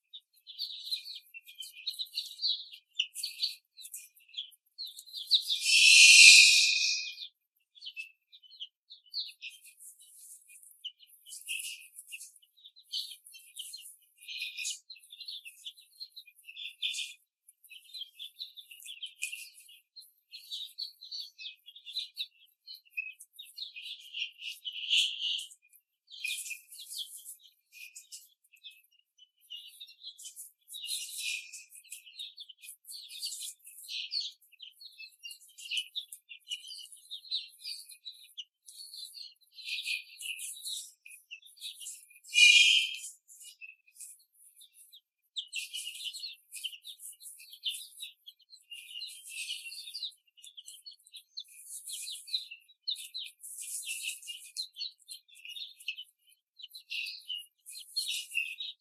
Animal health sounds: young laying hens in a cage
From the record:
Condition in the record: after the stressor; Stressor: simulated dog barking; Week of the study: 3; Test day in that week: 1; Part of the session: 1

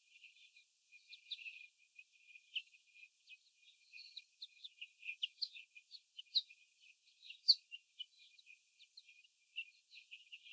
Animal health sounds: young laying hens in a cage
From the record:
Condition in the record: after the stressor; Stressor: sudden umbrella opening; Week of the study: 3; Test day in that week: 2

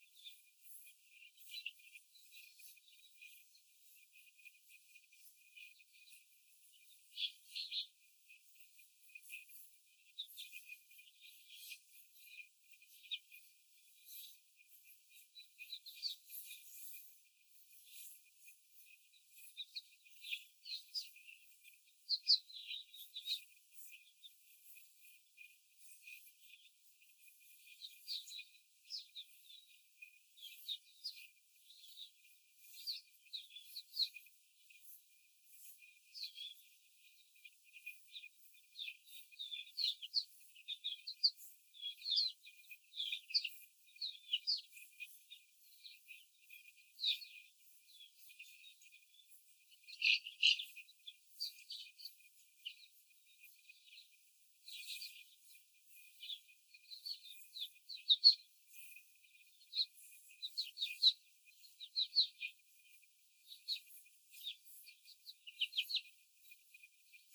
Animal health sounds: young laying hens in a cage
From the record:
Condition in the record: before the stressor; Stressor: simulated dog barking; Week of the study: 4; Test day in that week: 1

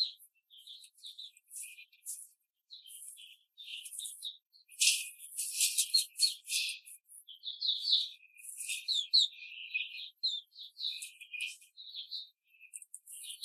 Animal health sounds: young laying hens in a cage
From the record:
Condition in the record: control cage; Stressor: none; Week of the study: 5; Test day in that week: 1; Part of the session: 2

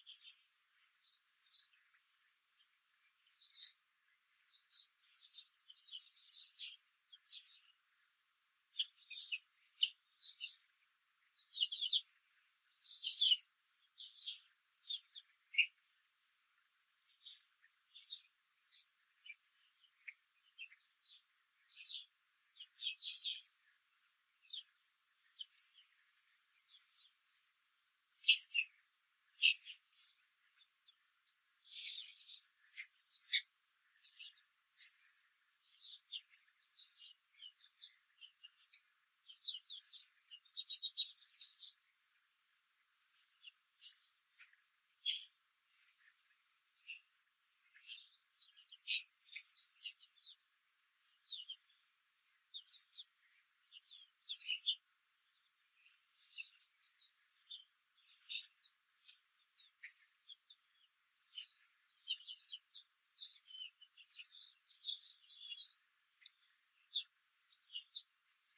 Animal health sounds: young laying hens in a cage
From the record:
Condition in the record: control cage, after the stress test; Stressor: none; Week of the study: 4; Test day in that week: 1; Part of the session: 2

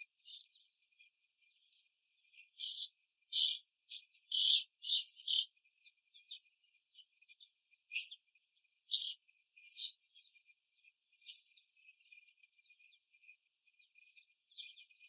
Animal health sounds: young laying hens in a cage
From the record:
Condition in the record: after the stressor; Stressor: simulated dog barking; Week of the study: 1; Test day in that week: 2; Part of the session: 1

